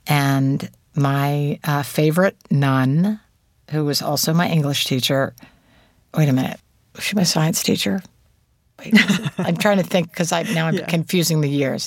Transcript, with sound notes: And my favorite nun, who was also my English teacher - wait a minute. Was she my science teacher? Wait.
(Laughter).
I'm trying to think because now I'm...
Yeah.
...Confusing the years.